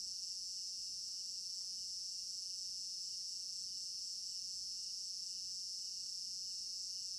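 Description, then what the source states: Crickets chirping in a dense, unbroken chorus of high trilling that pulses steadily throughout, with a few faint brief chirps lower down. Crickets in an African village garden at night, recorded in binaural stereo.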